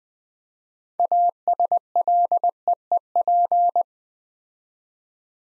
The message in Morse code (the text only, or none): ASLEEP